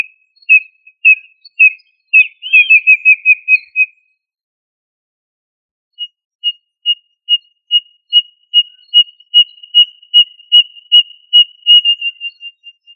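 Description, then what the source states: Quail giving clear high whistles, first a quick irregular series with a looping note, then after a pause a long run of even whistles. Placed in family Tinamidae; local name given as puyuh.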